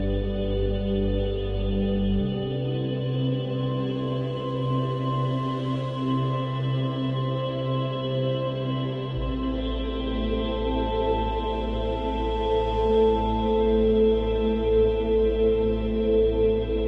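Binaural beats: steady, sustained electronic tones layered in the low and middle range, with a faint shimmering hiss on top. The bass drone shifts pitch around two seconds and again near nine seconds, while the overall loudness stays constant throughout.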